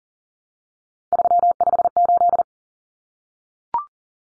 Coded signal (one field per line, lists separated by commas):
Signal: Morse code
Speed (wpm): 40 wpm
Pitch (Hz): 700 Hz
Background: none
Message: 358